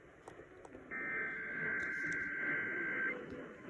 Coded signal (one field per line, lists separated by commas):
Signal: Emergency Alert System (SAME) tones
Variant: header bursts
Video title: EAS 1078 - Capitol District RMT